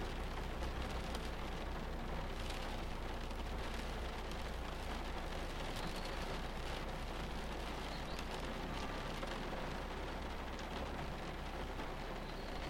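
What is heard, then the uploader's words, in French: Steady, dense rain patters on a surface throughout, with a constant low rumble underneath and faint brighter drips scattered across the sound. A l'abri d'un orage. À l'abri d'un orage bercé par les sons de la nature.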